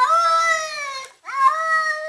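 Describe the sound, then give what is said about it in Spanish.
A cat lets out two drawn-out, wavering yowls separated by a brief pause, its rich harmonic cries bending in pitch so they sound strikingly like spoken syllables. “hay gatos que saben decir que no. No. Otros llaman a Raúl.”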